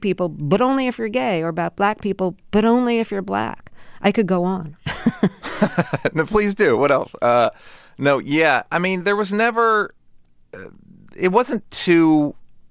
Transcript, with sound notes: ...Gay people - but only if you're gay or about black people - but only if you're black? I could go on.
(LAUGHTER) No, please do. What else? No - yeah, I mean, there was never - it wasn't too